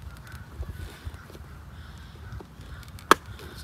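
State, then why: Seated. A vintage plastic diecast toy car carrying case is closed and its latch is pressed shut. Quiet low rumble and faint scuffs lead to a loud, sharp snap at 3.1 s as the latch seats in place.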